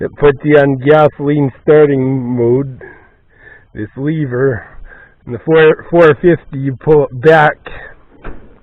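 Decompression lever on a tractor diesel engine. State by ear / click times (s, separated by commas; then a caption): seated / 8.3 s. Someone talks while the metal decompression (gasoline-start) lever on an International 450 tractor's diesel engine is pulled back. A sharp snap is heard at about 8.3 s as it locks into the low-compression gasoline starting position.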